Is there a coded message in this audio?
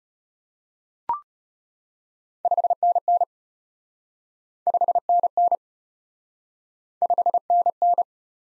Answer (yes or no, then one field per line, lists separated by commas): yes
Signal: Morse code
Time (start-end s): 2.5-8.0 s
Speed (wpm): 33 wpm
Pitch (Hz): 700 Hz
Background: none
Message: 5NN 5NN 5NN